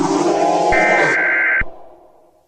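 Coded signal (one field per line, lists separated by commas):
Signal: Emergency Alert System (SAME) tones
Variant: header bursts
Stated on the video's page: Fictional EAS scenario, a simulated Halloween alert.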